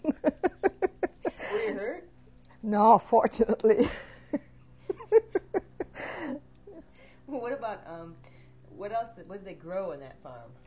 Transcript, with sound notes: Were you hurt?
No, fortunately. ( they laugh )
What about, what else did, what did they grow on that farm?